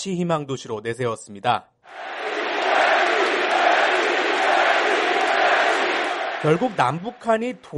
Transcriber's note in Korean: 녹취: 경기장 관중 함성